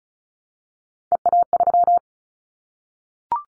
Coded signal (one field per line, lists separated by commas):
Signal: Morse code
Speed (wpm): 34 wpm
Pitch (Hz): 700 Hz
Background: none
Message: EA3